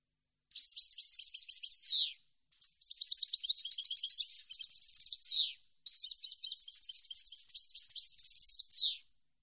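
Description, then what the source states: European goldfinch singing three twittering phrases in close succession. Each phrase is a fast string of bright chirps closing with a falling, slightly buzzy note. No other sounds are heard. Clean goldfinch song intended for birds to copy.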